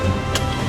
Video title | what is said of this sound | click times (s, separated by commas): FIRE MOCK DRILL AT TARANGAN THANE | lock हो गया। Lock हो गया। वो आवाज से ही मालूम। आवाज से ही मालूम पड़ जाता है। | 0.3 s